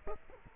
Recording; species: mosquito wingbeat signal from an infrared sensor; Culex quinquefasciatus